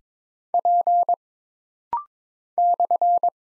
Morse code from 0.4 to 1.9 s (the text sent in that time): P